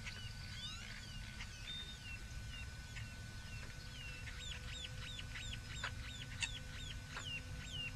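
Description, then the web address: Birds calling: several callers give quick downslurred and rising whistled chirps, scattered throughout, over a steady low rumble and faint hum. Many birds calling together; Bexar County, Texas; morning of 2 March 2006. "bexar Many Birds 20060302 AM"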